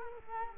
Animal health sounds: mosquito wingbeat signal from an infrared sensor; Culex quinquefasciatus

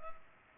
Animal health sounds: mosquito wingbeat signal from an infrared sensor; Culex pipiens

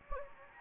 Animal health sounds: mosquito wingbeat signal from an infrared sensor; Anopheles gambiae

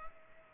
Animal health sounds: mosquito wingbeat signal from an infrared sensor; Culex pipiens

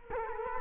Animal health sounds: mosquito wingbeat signal from an infrared sensor; Culex quinquefasciatus

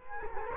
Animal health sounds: mosquito wingbeat signal from an infrared sensor; Culex quinquefasciatus

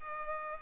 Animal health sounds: mosquito wingbeat signal from an infrared sensor; Culex pipiens

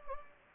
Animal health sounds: mosquito wingbeat signal from an infrared sensor; Anopheles gambiae

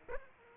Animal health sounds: mosquito wingbeat signal from an infrared sensor; Aedes aegypti

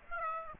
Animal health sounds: mosquito wingbeat signal from an infrared sensor; Aedes aegypti

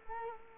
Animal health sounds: mosquito wingbeat signal from an infrared sensor; Culex quinquefasciatus

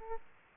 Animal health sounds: mosquito wingbeat signal from an infrared sensor; Aedes aegypti

